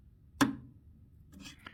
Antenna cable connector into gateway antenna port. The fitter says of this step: Put it really real well and push it a little bit and we should hear a click.